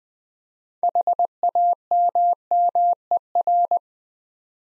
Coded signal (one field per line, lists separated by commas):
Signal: Morse code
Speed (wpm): 20 wpm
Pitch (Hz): 700 Hz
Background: none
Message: HAMMER